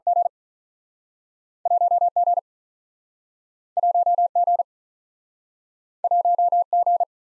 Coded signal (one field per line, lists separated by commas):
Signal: Morse code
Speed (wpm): 48 wpm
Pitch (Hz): 700 Hz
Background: none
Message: G 1 G 1 G 1 G